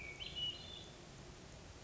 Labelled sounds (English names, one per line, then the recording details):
Hermit Thrush
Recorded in Sonoma County, California